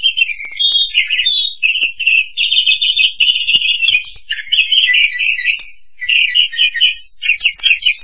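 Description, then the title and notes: Starling song, dense scratchy chatter mixed with buzzy trills and short whistled notes, almost without pause. "suara burung jalak"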